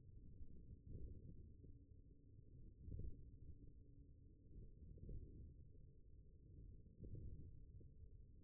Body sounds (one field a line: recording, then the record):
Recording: forearm muscle sounds (acoustic myography)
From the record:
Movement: radial deviation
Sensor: system 1, eight BSWA MPA416 microphones around the upper forearm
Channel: 5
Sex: male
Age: 42 years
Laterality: right